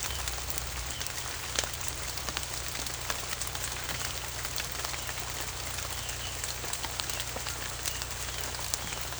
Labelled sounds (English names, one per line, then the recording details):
none
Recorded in pastures near Puerto Asís, Putumayo, Colombia, on 22 December 2024 at 18:00
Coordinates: 0.487, -76.322
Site GP09